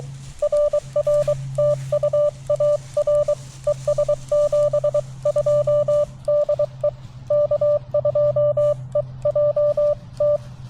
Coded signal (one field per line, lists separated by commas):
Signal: Morse code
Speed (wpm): 23 wpm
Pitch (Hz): 590 Hz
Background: none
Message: RR TU AR ES 72 DE K2EJT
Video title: CW POTA with the TX-500